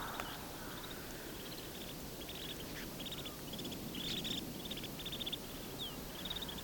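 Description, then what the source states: Snow Bunting rattle calls, short buzzy rattling bursts repeated throughout over steady low background noise. Wintering flock in farmland, Haldimand County, Ontario; birds on wintering territory, not breeding territory, so not singing.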